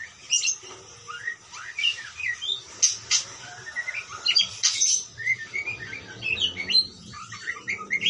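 Parakeet calls, a continuous stream of short high chirps and upslurred squeaks with brief louder bursts, steady chattering throughout.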